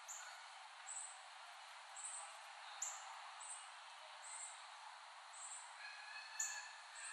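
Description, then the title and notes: Cicadas in a steady high hissing drone, with short bright pulses repeating above it. Several cicadas, recorded in West Brighton, Staten Island, late summer 2008. "Dronecast. The Cicadas of Summer. Recording of cicadas made by Dan Bodah in West Brighton, Staten Island, late summer 2008"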